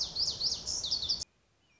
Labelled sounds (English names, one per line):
Lazuli Bunting